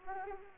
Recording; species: mosquito wingbeat signal from an infrared sensor; Anopheles arabiensis